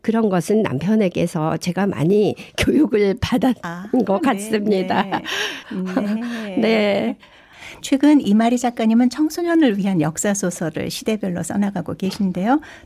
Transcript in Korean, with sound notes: 그런 것은 남편에게서 제가 많이 교육을 받았던 것 같습니다. (웃음)
최근 이마리 작가님은 청소년을 위한 역사 소설을 시대별로 써나가고 계신데요.